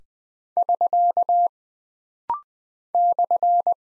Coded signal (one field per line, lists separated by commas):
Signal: Morse code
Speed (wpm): 20 wpm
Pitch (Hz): 700 Hz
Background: none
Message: <SK> /